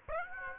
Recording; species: mosquito wingbeat signal from an infrared sensor; Aedes aegypti